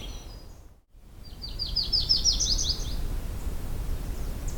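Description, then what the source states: Yellow-rumped Warbler (Myrtle) song: a loose, high trill of quick slurred notes lasting about one and a half seconds, against a steady low rumble. Myrtle subspecies of the Yellow-rumped Warbler.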